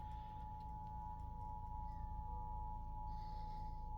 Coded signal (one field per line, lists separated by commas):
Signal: Emergency Alert System (SAME) tones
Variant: 853 and 960 Hz attention tone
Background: music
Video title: eas svr #59